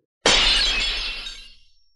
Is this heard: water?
no